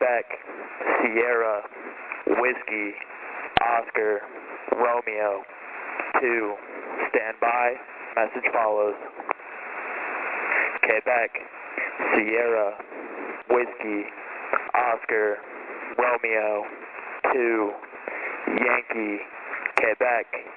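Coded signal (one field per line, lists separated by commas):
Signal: coded military voice message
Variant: English phonetic alphabet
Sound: voice over radio reading phonetic-alphabet letters and numbers, announcing a message follows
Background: radio static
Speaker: A numbers station is a type of shortwave radio station characterized by unusual broadcasts reading out lists of numbers or incomprehensible coded messages.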